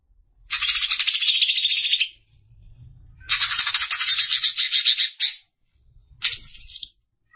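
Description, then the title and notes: Greater green leafbird song in three separate bursts of quick, buzzy, rattling notes, the middle phrase longest, with brief silences between them. Song of a bird described as a champion singer. "Kicau Burung Cucak Ijo Juara. Suara kicauan burung cucak ijo"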